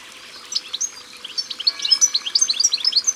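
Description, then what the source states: European goldfinch: a rapid stream of high, tinkling chirps and slurred notes, building steadily through the short phrase. Recorded by the water.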